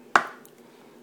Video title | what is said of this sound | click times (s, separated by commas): Child Proof Pill Bottles | and there and you heard that snap | 0.2 s